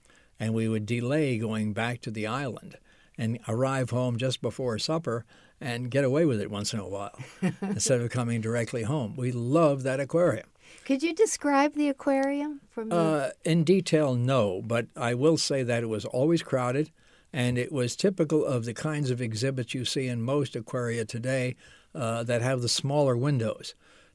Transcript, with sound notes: And we would delay going back to the island and arrive home just before supper and get away with it once in a while. — [chuckles] instead of coming directly home. We loved that aquarium.
Could you describe the aquarium from —
In detail, no, but I will say that it was always crowded and it was typical of the kinds of exhibits you see in most aquaria today that have the smaller windows.